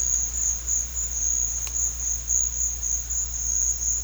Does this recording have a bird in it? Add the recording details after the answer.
no. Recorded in secondary vegetation near Puerto Asís, Putumayo, Colombia, on 4 March 2025 at 16:00. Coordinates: 0.484, -76.319. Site G010